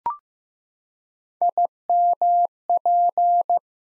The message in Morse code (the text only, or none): IMP